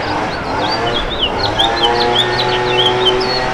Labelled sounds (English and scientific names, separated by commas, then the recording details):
House Finch (Haemorhous mexicanus) song
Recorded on Long Island, New York, on 8 June 2012
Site MB
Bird C